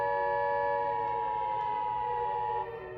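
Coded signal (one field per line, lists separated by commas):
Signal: Emergency Alert System (SAME) tones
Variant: 853 and 960 Hz attention tone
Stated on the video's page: Fictional EAS scenario.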